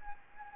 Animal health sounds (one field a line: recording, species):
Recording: mosquito wingbeat signal from an infrared sensor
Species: Anopheles gambiae